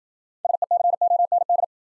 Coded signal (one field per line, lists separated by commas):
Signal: Morse code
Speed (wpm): 53 wpm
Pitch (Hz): 700 Hz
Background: none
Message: SECOND